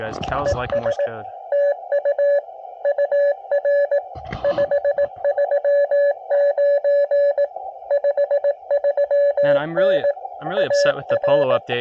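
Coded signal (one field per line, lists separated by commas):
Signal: Morse code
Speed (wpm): 18 wpm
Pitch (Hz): 570 Hz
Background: speech, radio noise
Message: ES TU UR 539 53N AR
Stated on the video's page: CW Parks on the Air activation from a national forest.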